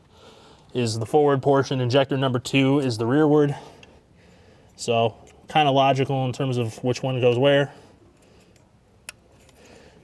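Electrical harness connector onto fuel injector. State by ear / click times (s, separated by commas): seated / 9.1 s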